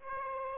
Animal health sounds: mosquito wingbeat signal from an infrared sensor; Aedes aegypti

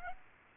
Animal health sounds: mosquito wingbeat signal from an infrared sensor; Aedes aegypti

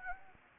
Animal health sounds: mosquito wingbeat signal from an infrared sensor; Anopheles gambiae

